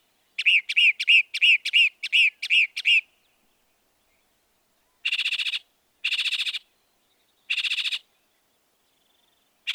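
Northern mockingbird repeating a bright chirp rapidly several times, then after a pause a few spaced harsh buzzy bursts.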